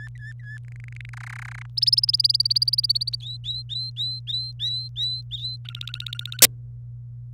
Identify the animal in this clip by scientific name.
Serinus canaria